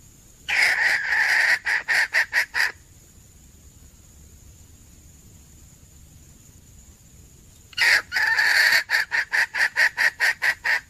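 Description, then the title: Junglefowl producing two bursts of fast, harsh clucking notes separated by several seconds of quiet, a faint steady whine in the background. Female junglefowl; call used as a lure. "Suara Ayam Hutan Betina. suara pikat ayam hutan betina"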